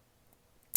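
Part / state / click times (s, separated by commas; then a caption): folding knife blade locking into its handle lock / seated / 0.8 s. A Liong Mah KUFv2 folding knife is flipped open and its blade locks into the handle lock, even without the lock bar insert. After two faint ticks near 0.3 and 0.6 seconds, one sharp, loud click at 0.8 seconds marks the blade seating firmly in place.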